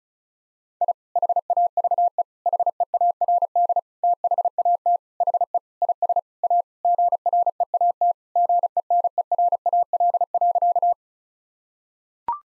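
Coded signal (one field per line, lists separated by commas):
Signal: Morse code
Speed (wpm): 34 wpm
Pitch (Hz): 700 Hz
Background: none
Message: I HAVE HEARD THAT HE IS A GREAT GENERAL.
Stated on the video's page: Morse code head-copy practice at 35 WPM, sentences built from the 1000 most common words.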